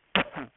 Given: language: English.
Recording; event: throat vibration sensor signal played as sound; cough